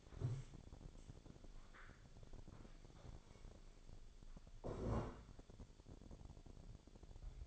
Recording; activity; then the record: daily activity, microphone in the room; stand up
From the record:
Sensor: 5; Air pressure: 1000.5 hPa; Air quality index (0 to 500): 145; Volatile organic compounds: 2 ppm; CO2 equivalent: 1121 ppm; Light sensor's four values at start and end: 47/109/45/48 and 47/109/45/48